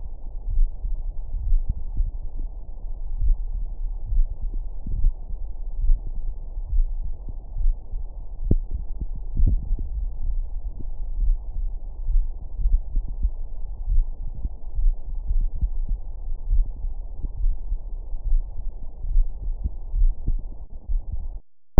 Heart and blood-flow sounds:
heart sounds
0.00	0.02	S2
0.02	0.54	diastole
0.54	0.70	S1
0.70	0.90	systole
0.90	1.00	S2
1.00	1.48	diastole
1.48	1.62	S1
1.62	1.82	systole
1.82	1.90	S2
1.90	2.38	diastole
2.38	2.48	S1
2.48	2.64	systole
2.64	2.72	S2
2.72	3.20	diastole
3.20	3.36	S1
3.36	3.54	systole
3.54	3.64	S2
3.64	4.14	diastole
4.14	4.28	S1
4.28	4.46	systole
4.46	4.54	S2
4.54	4.98	diastole
4.98	5.12	S1
5.12	5.30	systole
5.30	5.38	S2
5.38	5.82	diastole
5.82	5.98	S1
5.98	6.14	systole
6.14	6.22	S2
6.22	6.72	diastole
6.72	6.88	S1
6.88	7.04	systole
7.04	7.12	S2
7.12	7.60	diastole
7.60	7.74	S1
7.74	7.94	systole
7.94	8.04	S2
8.04	8.46	diastole
8.46	8.60	S1
8.60	8.74	systole
8.74	8.84	S2
8.84	9.38	diastole
9.38	9.54	S1
9.54	9.72	systole
9.72	9.80	S2
9.80	10.28	diastole
10.28	10.42	S1
10.42	10.62	systole
10.62	10.72	S2
10.72	11.20	diastole
11.20	11.38	S1
11.38	11.58	systole
11.58	11.68	S2
11.68	12.10	diastole
12.10	12.26	S1
12.26	12.42	systole
12.42	12.48	S2
12.48	12.96	diastole
12.96	13.06	S1
13.06	13.22	systole
13.22	13.34	S2
13.34	13.90	diastole
13.90	14.06	S1
14.06	14.22	systole
14.22	14.32	S2
14.32	14.78	diastole
14.78	14.94	S1
14.94	15.10	systole
15.10	15.20	S2
15.20	15.62	diastole
15.62	15.72	S1
15.72	15.90	systole
15.90	16.00	S2
16.00	16.50	diastole
16.50	16.68	S1
16.68	16.84	systole
16.84	16.94	S2
16.94	17.42	diastole
17.42	17.56	S1
17.56	17.72	systole
17.72	17.82	S2
17.82	18.30	diastole
18.30	18.42	S1
18.42	18.58	systole
18.58	18.66	S2
18.66	19.14	diastole
19.14	19.28	S1
19.28	19.46	systole
19.46	19.54	S2
19.54	19.96	diastole
19.96	20.12	S1
20.12	20.26	systole
20.26	20.38	S2
20.38	20.90	diastole
20.90	21.02	S1
21.02	21.22	systole
21.22	21.32	S2
21.32	21.80	diastole
From the record:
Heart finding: coronary artery disease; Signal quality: good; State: rest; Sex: female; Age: 41 years

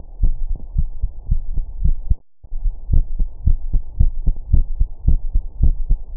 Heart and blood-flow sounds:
heart sounds
0.00	0.02	S2
0.02	0.22	diastole
0.22	0.34	S1
0.34	0.48	systole
0.48	0.58	S2
0.58	0.76	diastole
0.76	0.88	S1
0.88	1.02	systole
1.02	1.12	S2
1.12	1.30	diastole
1.30	1.42	S1
1.42	1.56	systole
1.56	1.64	S2
1.64	1.82	diastole
1.82	1.94	S1
1.94	2.08	systole
2.08	2.18	S2
2.18	2.38	diastole
2.38	2.46	S1
2.46	2.64	systole
2.64	2.74	S2
2.74	2.92	diastole
2.92	3.04	S1
3.04	3.18	systole
3.18	3.28	S2
3.28	3.46	diastole
3.46	3.58	S1
3.58	3.72	systole
3.72	3.82	S2
3.82	4.00	diastole
4.00	4.12	S1
4.12	4.26	systole
4.26	4.34	S2
4.34	4.52	diastole
4.52	4.64	S1
4.64	4.78	systole
4.78	4.88	S2
4.88	5.06	diastole
5.06	5.20	S1
5.20	5.34	systole
5.34	5.42	S2
5.42	5.60	diastole
5.60	5.74	S1
5.74	5.88	systole
5.88	5.98	S2
5.98	6.16	diastole
6.16	6.17	S1
From the record:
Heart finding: coronary artery disease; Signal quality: good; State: rest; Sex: female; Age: 54 years

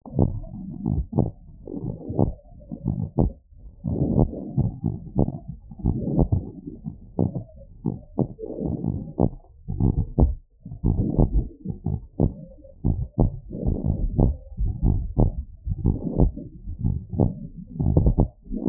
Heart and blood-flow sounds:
heart sounds
0.00	0.15	systole
0.15	0.26	S2
0.26	0.85	diastole
0.85	0.96	S1
0.96	1.15	systole
1.15	1.27	S2
1.27	1.84	diastole
1.84	1.92	S1
1.92	2.16	systole
2.16	2.25	S2
2.25	2.87	diastole
2.87	2.99	S1
2.99	3.15	systole
3.15	3.28	S2
3.28	3.89	diastole
3.89	3.99	S1
3.99	4.17	systole
4.17	4.26	S2
4.26	4.83	diastole
4.83	4.95	S1
4.95	5.16	systole
5.16	5.26	S2
5.26	5.83	diastole
5.83	5.92	S1
5.92	6.13	systole
6.13	6.23	S2
6.23	6.84	diastole
6.84	6.91	S1
6.91	7.18	systole
7.18	7.27	S2
7.27	7.83	diastole
7.83	7.93	S1
7.93	8.15	systole
8.15	8.24	S2
8.24	8.85	diastole
8.85	8.97	S1
8.97	9.16	systole
9.16	9.28	S2
9.28	9.78	diastole
9.78	9.90	S1
9.90	10.12	systole
10.12	10.25	S2
10.25	10.85	diastole
10.85	10.93	S1
10.93	11.16	systole
11.16	11.27	S2
11.27	11.85	diastole
11.85	11.95	S1
11.95	12.16	systole
12.16	12.24	S2
12.24	12.84	diastole
12.84	12.92	S1
12.92	13.18	systole
13.18	13.26	S2
13.26	13.85	diastole
13.85	13.93	S1
13.93	14.18	systole
14.18	14.26	S2
14.26	14.81	diastole
14.81	14.92	S1
14.92	15.15	systole
15.15	15.30	S2
15.30	15.85	diastole
15.85	15.93	S1
15.93	16.16	systole
16.16	16.28	S2
16.28	16.83	diastole
16.83	16.96	S1
16.96	17.16	systole
17.16	17.27	S2
17.27	17.80	diastole
17.80	17.91	S1
17.91	18.15	systole
18.15	18.23	S2
18.23	18.69	diastole
From the record:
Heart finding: normal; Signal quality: good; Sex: male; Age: 72 years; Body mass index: 26.6

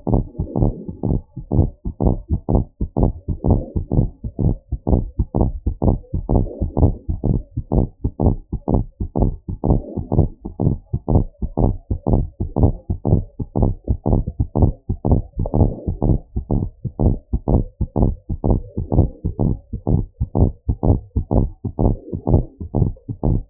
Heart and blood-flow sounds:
heart sounds
0.00	0.09	systole
0.09	0.21	S2
0.21	0.57	diastole
0.57	0.71	S1
0.71	1.05	systole
1.05	1.17	S2
1.17	1.55	diastole
1.55	1.69	S1
1.69	2.03	systole
2.03	2.15	S2
2.15	2.51	diastole
2.51	2.63	S1
2.63	2.99	systole
2.99	3.11	S2
3.11	3.49	diastole
3.49	3.61	S1
3.61	3.97	systole
3.97	4.09	S2
4.09	4.45	diastole
4.45	4.55	S1
4.55	4.89	systole
4.89	5.01	S2
5.01	5.41	diastole
5.41	5.53	S1
5.53	5.87	systole
5.87	5.97	S2
5.97	6.31	diastole
6.31	6.45	S1
6.45	6.81	systole
6.81	6.93	S2
6.93	7.27	diastole
7.27	7.39	S1
7.39	7.75	systole
7.75	7.87	S2
7.87	8.23	diastole
8.23	8.35	S1
8.35	8.73	systole
8.73	8.83	S2
8.83	9.21	diastole
9.21	9.33	S1
9.33	9.69	systole
9.69	9.81	S2
9.81	10.17	diastole
10.17	10.29	S1
10.29	10.63	systole
10.63	10.75	S2
10.75	11.11	diastole
11.11	11.25	S1
11.25	11.63	systole
11.63	11.75	S2
11.75	12.13	diastole
12.13	12.27	S1
12.27	12.63	systole
12.63	12.75	S2
12.75	13.09	diastole
13.09	13.23	S1
13.23	13.61	systole
13.61	13.73	S2
13.73	14.11	diastole
14.11	14.25	S1
14.25	14.61	systole
14.61	14.75	S2
14.75	15.11	diastole
15.11	15.23	S1
15.23	15.59	systole
15.59	15.73	S2
15.73	16.09	diastole
16.09	16.21	S1
16.21	16.57	systole
16.57	16.67	S2
16.67	17.01	diastole
17.01	17.15	S1
17.15	17.49	systole
17.49	17.63	S2
17.63	18.01	diastole
18.01	18.13	S1
18.13	18.49	systole
18.49	18.59	S2
18.59	18.93	diastole
18.93	19.07	S1
19.07	19.41	systole
19.41	19.53	S2
19.53	19.89	diastole
19.89	20.03	S1
20.03	20.37	systole
20.37	20.51	S2
20.51	20.85	diastole
20.85	20.99	S1
20.99	21.33	systole
21.33	21.47	S2
21.47	21.81	diastole
21.81	21.95	S1
21.95	22.29	systole
22.29	22.43	S2
22.43	22.77	diastole
22.77	22.91	S1
22.91	23.25	systole
23.25	23.37	S2
23.37	23.50	diastole
From the record:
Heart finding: abnormal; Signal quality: good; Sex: female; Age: 73 years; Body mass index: 36.6

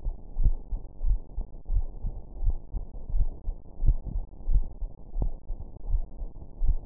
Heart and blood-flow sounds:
heart sounds
0.00	0.07	systole
0.07	0.17	S2
0.17	0.39	diastole
0.39	0.53	S1
0.53	0.71	systole
0.71	0.81	S2
0.81	1.05	diastole
1.05	1.17	S1
1.17	1.37	systole
1.37	1.47	S2
1.47	1.71	diastole
1.71	1.85	S1
1.85	2.05	systole
2.05	2.17	S2
2.17	2.41	diastole
2.41	2.55	S1
2.55	2.75	systole
2.75	2.87	S2
2.87	3.13	diastole
3.13	3.27	S1
3.27	3.49	systole
3.49	3.59	S2
3.59	3.83	diastole
3.83	3.97	S1
3.97	4.15	systole
4.15	4.25	S2
4.25	4.49	diastole
4.49	4.63	S1
4.63	4.83	systole
4.83	4.93	S2
4.93	5.17	diastole
5.17	5.31	S1
5.31	5.55	systole
5.55	5.65	S2
5.65	5.89	diastole
5.89	6.03	S1
6.03	6.23	systole
6.23	6.35	S2
6.35	6.61	diastole
6.61	6.75	S1
6.75	6.86	systole
From the record:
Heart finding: coronary artery disease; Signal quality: good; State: rest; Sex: female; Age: 64 years

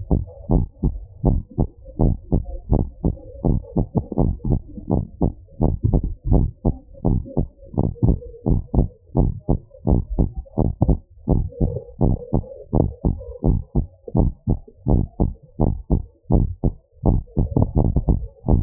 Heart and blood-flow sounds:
heart sounds
0.00	0.12	systole
0.12	0.24	S2
0.24	0.52	diastole
0.52	0.66	S1
0.66	0.84	systole
0.84	0.94	S2
0.94	1.26	diastole
1.26	1.42	S1
1.42	1.60	systole
1.60	1.70	S2
1.70	2.02	diastole
2.02	2.16	S1
2.16	2.34	systole
2.34	2.44	S2
2.44	2.72	diastole
2.72	2.86	S1
2.86	3.06	systole
3.06	3.16	S2
3.16	3.46	diastole
3.46	3.58	S1
3.58	3.78	systole
3.78	3.86	S2
3.86	4.18	diastole
4.18	4.32	S1
4.32	4.50	systole
4.50	4.60	S2
4.60	4.92	diastole
4.92	5.04	S1
5.04	5.22	systole
5.22	5.32	S2
5.32	5.62	diastole
5.62	5.74	S1
5.74	5.92	systole
5.92	6.02	S2
6.02	6.30	diastole
6.30	6.48	S1
6.48	6.66	systole
6.66	6.76	S2
6.76	7.06	diastole
7.06	7.20	S1
7.20	7.38	systole
7.38	7.46	S2
7.46	7.76	diastole
7.76	7.86	S1
7.86	8.04	systole
8.04	8.18	S2
8.18	8.48	diastole
8.48	8.60	S1
8.60	8.78	systole
8.78	8.88	S2
8.88	9.18	diastole
9.18	9.32	S1
9.32	9.50	systole
9.50	9.58	S2
9.58	9.88	diastole
9.88	10.02	S1
10.02	10.20	systole
10.20	10.30	S2
10.30	10.60	diastole
10.60	10.72	S1
10.72	10.90	systole
10.90	11.00	S2
11.00	11.30	diastole
11.30	11.44	S1
11.44	11.62	systole
11.62	11.72	S2
11.72	12.02	diastole
12.02	12.16	S1
12.16	12.34	systole
12.34	12.44	S2
12.44	12.76	diastole
12.76	12.88	S1
12.88	13.06	systole
13.06	13.16	S2
13.16	13.46	diastole
13.46	13.60	S1
13.60	13.76	systole
13.76	13.86	S2
13.86	14.16	diastole
14.16	14.30	S1
14.30	14.48	systole
14.48	14.58	S2
14.58	14.88	diastole
14.88	15.02	S1
15.02	15.20	systole
15.20	15.32	S2
15.32	15.62	diastole
15.62	15.76	S1
15.76	15.92	systole
15.92	16.02	S2
16.02	16.32	diastole
16.32	16.46	S1
16.46	16.64	systole
16.64	16.74	S2
16.74	17.06	diastole
17.06	17.20	S1
17.20	17.38	systole
17.38	17.48	S2
17.48	17.76	diastole
17.76	17.92	S1
17.92	18.10	systole
18.10	18.20	S2
18.20	18.50	diastole
18.50	18.63	S1
From the record:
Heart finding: normal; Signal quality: good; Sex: male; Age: 62 years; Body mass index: 28.1

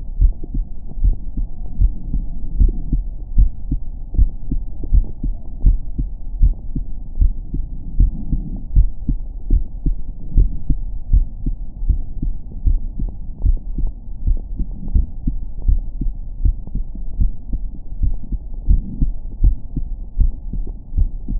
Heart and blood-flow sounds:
heart sounds
0.00	0.20	diastole
0.20	0.34	S1
0.34	0.56	systole
0.56	0.66	S2
0.66	1.02	diastole
1.02	1.16	S1
1.16	1.38	systole
1.38	1.48	S2
1.48	1.80	diastole
1.80	1.92	S1
1.92	2.16	systole
2.16	2.26	S2
2.26	2.58	diastole
2.58	2.74	S1
2.74	2.94	systole
2.94	3.04	S2
3.04	3.36	diastole
3.36	3.50	S1
3.50	3.70	systole
3.70	3.80	S2
3.80	4.16	diastole
4.16	4.28	S1
4.28	4.50	systole
4.50	4.60	S2
4.60	4.92	diastole
4.92	5.04	S1
5.04	5.24	systole
5.24	5.34	S2
5.34	5.64	diastole
5.64	5.78	S1
5.78	5.98	systole
5.98	6.08	S2
6.08	6.40	diastole
6.40	6.54	S1
6.54	6.76	systole
6.76	6.86	S2
6.86	7.20	diastole
7.20	7.34	S1
7.34	7.56	systole
7.56	7.66	S2
7.66	7.98	diastole
7.98	8.12	S1
8.12	8.34	systole
8.34	8.44	S2
8.44	8.76	diastole
8.76	8.90	S1
8.90	9.10	systole
9.10	9.18	S2
9.18	9.50	diastole
9.50	9.64	S1
9.64	9.86	systole
9.86	9.98	S2
9.98	10.34	diastole
10.34	10.48	S1
10.48	10.68	systole
10.68	10.78	S2
10.78	11.12	diastole
11.12	11.26	S1
11.26	11.46	systole
11.46	11.56	S2
11.56	11.86	diastole
11.86	12.00	S1
12.00	12.24	systole
12.24	12.34	S2
12.34	12.66	diastole
12.66	12.80	S1
12.80	13.00	systole
13.00	13.10	S2
13.10	13.44	diastole
13.44	13.58	S1
13.58	13.80	systole
13.80	13.92	S2
13.92	14.26	diastole
14.26	14.38	S1
14.38	14.58	systole
14.58	14.66	S2
14.66	14.92	diastole
14.92	15.04	S1
15.04	15.26	systole
15.26	15.36	S2
15.36	15.66	diastole
15.66	15.80	S1
15.80	16.02	systole
16.02	16.12	S2
16.12	16.42	diastole
16.42	16.54	S1
16.54	16.76	systole
16.76	16.84	S2
16.84	17.18	diastole
17.18	17.30	S1
17.30	17.52	systole
17.52	17.62	S2
17.62	17.98	diastole
17.98	18.10	S1
18.10	18.30	systole
18.30	18.38	S2
18.38	18.68	diastole
18.68	18.82	S1
18.82	19.00	systole
19.00	19.12	S2
19.12	19.42	diastole
19.42	19.56	S1
19.56	19.78	systole
19.78	19.86	S2
19.86	20.18	diastole
20.18	20.32	S1
20.32	20.54	systole
20.54	20.64	S2
20.64	20.96	diastole
20.96	21.10	S1
21.10	21.32	systole
21.32	21.40	S2
From the record:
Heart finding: normal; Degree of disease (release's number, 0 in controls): 0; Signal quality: good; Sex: male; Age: 37 years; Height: 1.75 m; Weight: 85 kg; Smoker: yes

